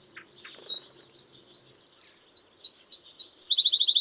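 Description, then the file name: Eurasian Wren song, a loud rapid outpouring of high, sharply modulated notes and buzzy trills, ending in a fast even rattle of lower repeated notes. "Troglodytes troglodytes"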